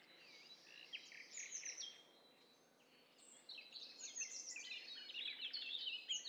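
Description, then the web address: Bird chorus of overlapping high chirps and short trills, busy at first, easing briefly midway, then swelling again into a crowded, twittering mix. Stereo; several birds calling at once. "Hi Fi STEREO BIRD COCKTAIL PARTY Challenge"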